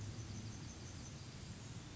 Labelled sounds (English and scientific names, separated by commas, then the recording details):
Yellowhammer (Emberiza citrinella) song
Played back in forest
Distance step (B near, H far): G
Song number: 171